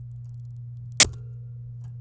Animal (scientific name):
Serinus canaria